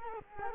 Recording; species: mosquito wingbeat signal from an infrared sensor; Culex quinquefasciatus